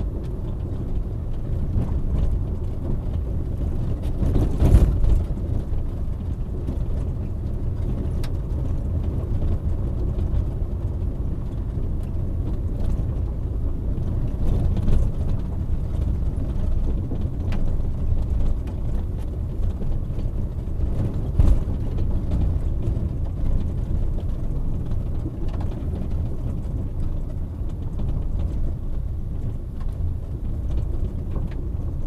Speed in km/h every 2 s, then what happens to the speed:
23, 22, 24, 25, 25, 24, 23, 22, 20, 21, 21, 19, 19, 17, 18, 20.
0-32 steady at about 21.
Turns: none.